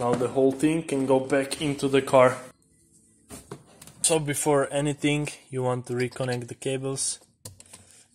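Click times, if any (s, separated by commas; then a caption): 7.5 s. Someone talks while refitting the glove box on an Audi TT Mk2, then pushes the glove box wiring connector into its mating car harness plug. A sharp click lands at 7.5 s, followed by a few faint handling taps, and the connector is seated.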